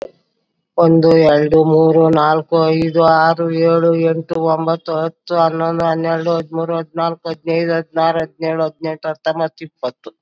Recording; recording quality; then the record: counting at a fast pace; excellent, no background noise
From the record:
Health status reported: COVID-19 positive, mild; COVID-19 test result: positive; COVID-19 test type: RT-PCR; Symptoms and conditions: cough, fever, fatigue, diabetes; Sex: female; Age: 60 years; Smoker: no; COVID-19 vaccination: both doses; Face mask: not worn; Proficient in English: yes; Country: India